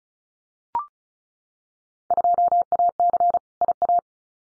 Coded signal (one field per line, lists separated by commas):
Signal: Morse code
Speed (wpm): 36 wpm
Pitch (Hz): 700 Hz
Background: none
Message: 2AC IA